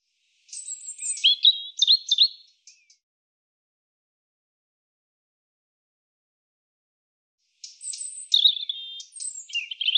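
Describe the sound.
European robin song: two jangling, warbled phrases of high, rapidly changing notes separated by roughly five seconds of silence.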